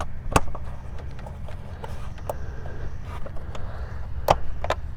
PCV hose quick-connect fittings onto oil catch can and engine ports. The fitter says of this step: So there we go. Okay, so it's not coming off. So try to take it off gently, but then you'll know it's clicked in place. Both ends are good.